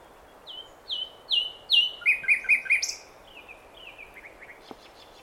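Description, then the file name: Common nightingale song: a sequence of high whistled notes, then a fast burst of repeated rich chirps, fading into softer descending notes over a quiet background. "Luscinia megarhynchos"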